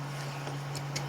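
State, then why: Not seated. The clamp of a belt embroidery hoop is handled on the strap after the strap has been pulled taut, as the clamp is scooted back toward its closed position. A steady low hum runs throughout, with brief sharp ticks near 0.96 s and 1.15 s. Nothing has seated or clicked yet.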